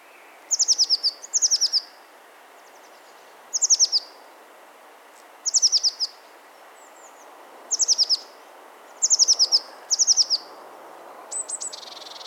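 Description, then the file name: Eurasian blue tit giving short, high, rapid trilled bursts, repeated in several groups at irregular intervals. "Cyanistes caeruleus"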